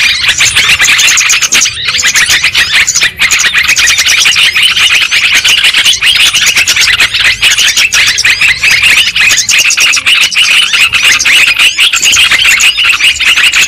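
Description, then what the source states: Lovebird chatter from many birds, rapid high-pitched chirps and squeaks forming a steady, unbroken chorus. Lure sound used for trapping birds.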